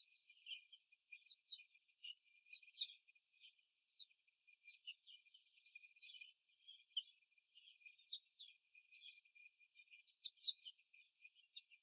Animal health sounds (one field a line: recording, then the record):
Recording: young laying hens in a cage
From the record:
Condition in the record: before the stressor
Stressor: simulated dog barking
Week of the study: 3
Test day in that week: 1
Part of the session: 1